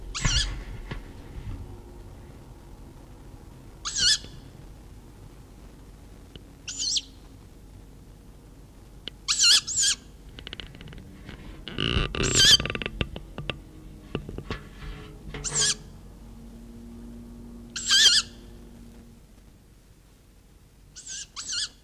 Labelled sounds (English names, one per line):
Tawny Owl call